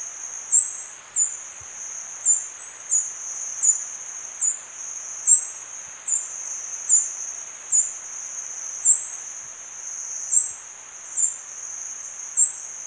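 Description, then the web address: Wedge-billed Hummingbird calling steadily, a thin, piercing high note repeated in a quick, fairly regular series over a continuous insect hum. Recorded in Ecuador. "Birds of Ecuador. Wedge-billed Hummingbird"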